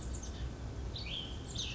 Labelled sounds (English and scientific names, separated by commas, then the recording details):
Cassin's Vireo (Vireo cassinii)
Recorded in Sonoma County, California